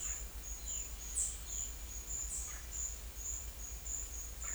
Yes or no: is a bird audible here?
no